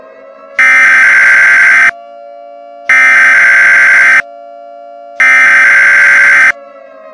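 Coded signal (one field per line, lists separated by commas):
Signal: Emergency Alert System (SAME) tones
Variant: header bursts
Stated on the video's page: Fictional Emergency Alert System scenario for a hail storm and tornado in New York City.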